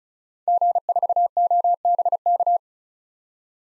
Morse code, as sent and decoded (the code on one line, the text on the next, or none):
--. ....- --- -... -.-
G4OBK